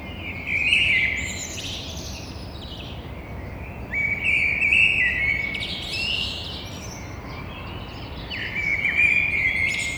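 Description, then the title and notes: Eurasian blackbird song of clear fluty phrases, each trailing into squeaky high notes, given a few seconds apart over a low continuous hum. Single blackbird heard from a window onto a courtyard, Toulouse, Thursday 9 April, 6:30. "Merle noir côté cour. Stéphane Marin"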